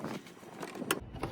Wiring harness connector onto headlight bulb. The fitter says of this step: and you're going to take your wiring harness here clip it back into place until it clicks like that